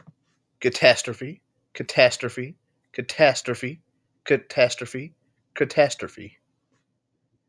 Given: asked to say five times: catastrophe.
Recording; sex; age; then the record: repeated word; male; 30 to 39 years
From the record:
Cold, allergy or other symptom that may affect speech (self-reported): no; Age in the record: 32 years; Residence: Indiana, United States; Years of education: 18